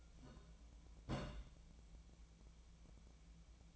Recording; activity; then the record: daily activity, microphone in the room; place on stove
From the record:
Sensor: 1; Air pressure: 1010.0 hPa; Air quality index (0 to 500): 187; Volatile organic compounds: 17 ppm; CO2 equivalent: 2565 ppm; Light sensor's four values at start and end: 38/96/40/49 and 37/95/40/49